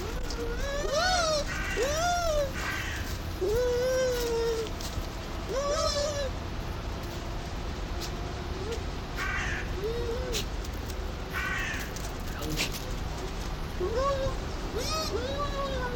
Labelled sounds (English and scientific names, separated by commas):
Bush Dog (Speothos venaticus)